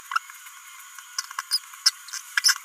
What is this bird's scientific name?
Forpus passerinus